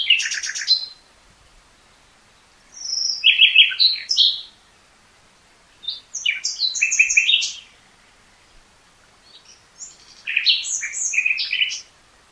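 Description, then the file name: Common nightingale song: four varied phrases of harsh chattering, whistled notes and trills, separated by pauses. "Luscinia megarhynchos"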